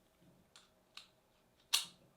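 A magnetic lens filter is brought to the filter mount of a Tilta Khronos Ultimate iPhone smartphone rig kit, with faint ticks at about 0.6 and 1.0 seconds as it approaches. At 1.8 seconds it pops into place with a sharp, bright click, and the filter is seated.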